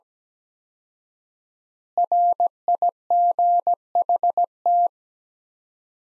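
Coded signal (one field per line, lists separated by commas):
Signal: Morse code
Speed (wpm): 17 wpm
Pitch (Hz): 700 Hz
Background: none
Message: RIGHT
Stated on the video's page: Morse practice: sentences from the top 500 words at 17 wpm with 4x word spacing, similar to Farnsworth spacing.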